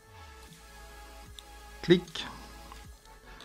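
A power plug is clipped into the bare board of a stripped GoPro Hero 7 Black action camera to power it up, as if it were mounted on a drone. One sharp click is heard at 1.4 s as the plug seats, while someone talks over background music.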